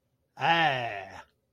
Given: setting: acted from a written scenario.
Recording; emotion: vocal sound without words; elation